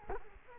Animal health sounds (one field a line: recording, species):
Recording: mosquito wingbeat signal from an infrared sensor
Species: Culex quinquefasciatus